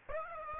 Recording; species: mosquito wingbeat signal from an infrared sensor; Aedes aegypti